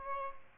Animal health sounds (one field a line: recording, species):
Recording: mosquito wingbeat signal from an infrared sensor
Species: Aedes albopictus